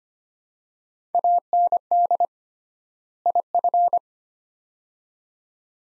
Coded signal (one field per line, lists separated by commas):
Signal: Morse code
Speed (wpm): 25 wpm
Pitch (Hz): 700 Hz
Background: none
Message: AND IF